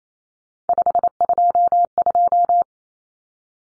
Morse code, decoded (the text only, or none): 522